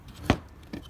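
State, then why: Not seated. The plastic retaining clip of a door lock actuator from a 2010–2017 Audi A4 (S4 and others) is handled as it is slid toward its mount in the car door. A sharp knock is heard at about 0.3 s, followed by a faint tick near 0.6 s and a softer tap at 0.7 s. Nothing has clicked or seated yet.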